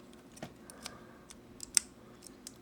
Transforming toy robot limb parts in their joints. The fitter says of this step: until they lock into place. Cuz I kind of heard it.